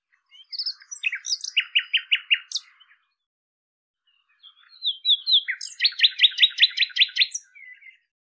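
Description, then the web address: Common nightingale song in two phrases split by a short silence, each mixing high chirps with a fast, pulsing run of repeated notes. "cianscape birddata Deverinetal 2025"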